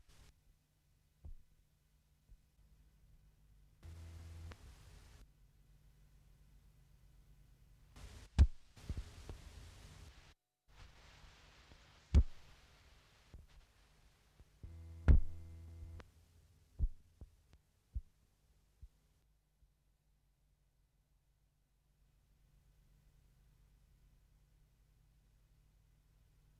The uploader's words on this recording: Untitled No.3 recorded in one session 1999 in Düsseldorf, Germany silent experimental electronic music stereo tape recorder loop, DIY synthesizer, sine generator and a selection of pre recorded low frequency tape noises.